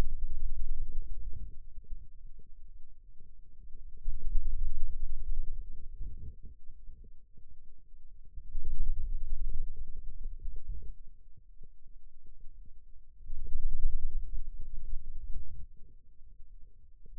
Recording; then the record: forearm muscle sounds (acoustic myography)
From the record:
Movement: finger pinch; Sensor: system 2, bracelet of six BSWA MPA416 microphones around the upper forearm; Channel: 2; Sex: male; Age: 22 years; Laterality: right